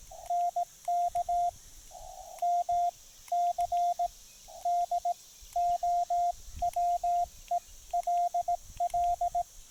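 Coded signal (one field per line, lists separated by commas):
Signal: Morse code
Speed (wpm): 18 wpm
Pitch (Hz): 700 Hz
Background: radio noise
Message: NK MCDOWELL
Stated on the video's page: QRP CW during a POTA park activation including DX contacts, sent on a Discovery TX-500 into an MFJ-1984LP end-fed half-wave antenna.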